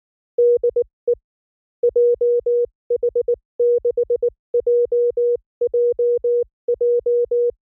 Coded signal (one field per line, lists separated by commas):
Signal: Morse code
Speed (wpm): 19 wpm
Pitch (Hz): 480 Hz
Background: music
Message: DE JH6JJJ